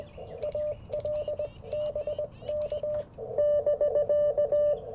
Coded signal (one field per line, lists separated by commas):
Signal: Morse code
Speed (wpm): 19 wpm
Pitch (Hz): 600 Hz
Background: radio noise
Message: ALBK <BK>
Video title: Morning Morse Code - 09/24/2024